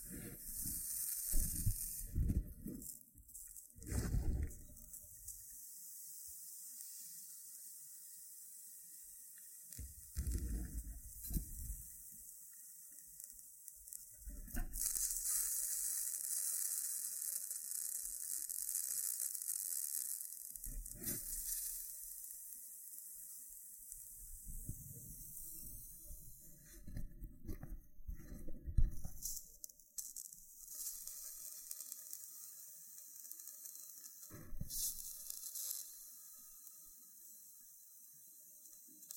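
Loofah triggers: a steady bright hiss of scratching and rubbing fills the high end throughout, broken by short low thumps and crackles in bursts near the start, around 10, 15, 21, 25–29 and 34 seconds. A faint constant tone hums underneath.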